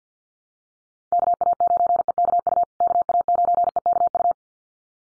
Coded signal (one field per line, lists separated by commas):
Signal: Morse code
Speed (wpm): 50 wpm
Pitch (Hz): 700 Hz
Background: none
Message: KA9EKU KA9EKU